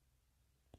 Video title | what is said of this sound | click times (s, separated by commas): 1983 COBRA S.N.A.K.E. ARMOR | they snap right in there very fairly easily | 0.7 s